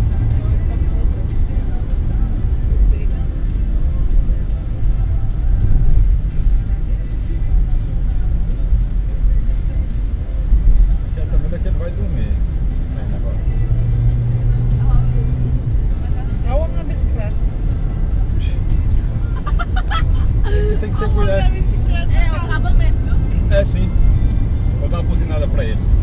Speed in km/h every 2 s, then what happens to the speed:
70, 55, 51, 50, 50, 52, 58, 65, 68, 74, 79, 83, 86.
0-3 brakes to 51. 3-8 steady at about 50. 8-26 speeds up to 86.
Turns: none.